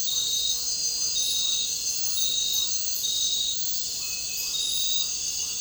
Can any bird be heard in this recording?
no